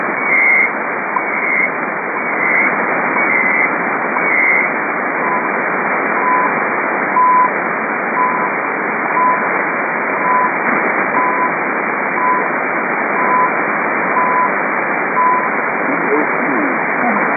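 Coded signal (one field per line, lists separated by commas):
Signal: radio time signal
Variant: CHU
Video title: CHU Otawwa. Time Signal Station. Canada 7850 Khz USB. Copiada en Marcos Paz Buenos Aires.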